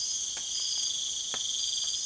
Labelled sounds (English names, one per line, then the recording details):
none
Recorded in secondary vegetation near Puerto Asís, Putumayo, Colombia, on 27 June 2025
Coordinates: 0.488, -76.319
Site G094